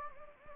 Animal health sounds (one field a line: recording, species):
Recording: mosquito wingbeat signal from an infrared sensor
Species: Anopheles gambiae